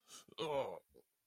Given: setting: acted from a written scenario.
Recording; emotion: vocal sound without words; disgust